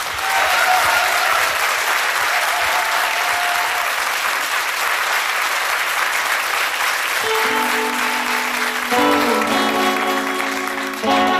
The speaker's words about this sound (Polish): Wielkie brawa.